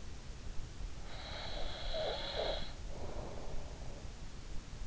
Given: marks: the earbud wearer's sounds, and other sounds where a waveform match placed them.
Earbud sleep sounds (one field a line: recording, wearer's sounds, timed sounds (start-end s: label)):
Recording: sounds in sleep by an in-ear microphone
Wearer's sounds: snoring breath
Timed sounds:
1.17-3.44 s: snoring breath